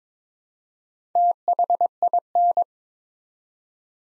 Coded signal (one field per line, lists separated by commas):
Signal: Morse code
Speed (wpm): 22 wpm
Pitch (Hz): 700 Hz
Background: none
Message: THIN